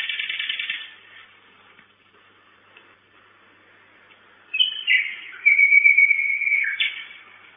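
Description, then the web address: Common nightingale song: a rapid rich trill, a pause of several seconds, then sharp whistled notes leading into a long steady whistle. Recorded at a nest box on 10 May 2009 at 23:16, at night. "nistkasten 20090510 2316 nachtigall"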